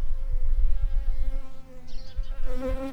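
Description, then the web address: Shrill carder bee buzz: a steady droning hum with a rich stack of overtones that wavers slightly. Workers. "Sylvarum workers"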